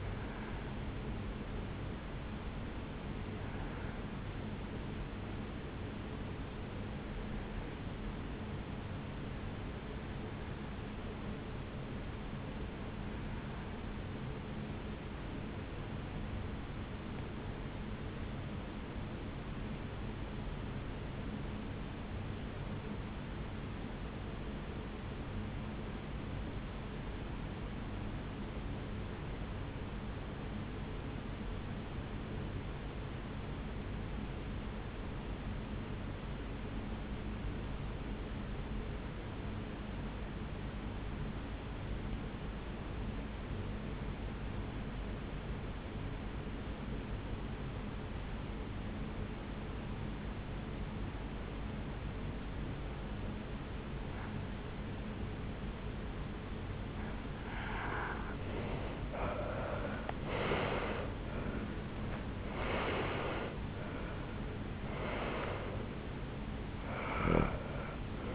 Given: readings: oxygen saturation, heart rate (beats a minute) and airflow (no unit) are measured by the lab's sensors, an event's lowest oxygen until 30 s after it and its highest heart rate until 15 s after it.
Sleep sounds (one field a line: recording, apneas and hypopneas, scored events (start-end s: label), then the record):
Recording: breathing in sleep by a voice recorder at the bedside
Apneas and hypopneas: 1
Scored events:
12.00-58.30 s: hypopnea (N1, oxygen 96% highest, then 73% lowest, heart rate 64 at the start, 83 highest)
16.00-68.35 s: new sleep stage, REM sleep
From the record:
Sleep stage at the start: N1 (lightest sleep)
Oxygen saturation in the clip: 77 to 96%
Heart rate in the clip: 60 to 83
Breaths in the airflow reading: 16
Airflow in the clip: -12.9 to 8.1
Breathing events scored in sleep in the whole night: 449 in 7.0 hours asleep